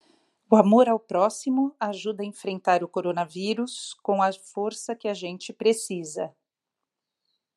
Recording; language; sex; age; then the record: spoken sentence; Brazilian Portuguese; female; 50 to 59 years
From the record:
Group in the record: control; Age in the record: 52 years